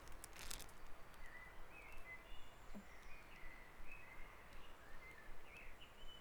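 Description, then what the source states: Birds in a dawn chorus, faint scattered twittering notes over a constant deep background rumble, with a brief rustle near the start. Dawn chorus on Back Dragon Avenue, Harrogate, part of a sound map of Harrogate.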